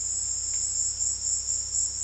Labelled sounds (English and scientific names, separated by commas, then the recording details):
none
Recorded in dense forest near Puerto Asís, Putumayo, Colombia, on 20 February 2024 at 17:00
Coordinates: 0.485, -76.322
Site G6406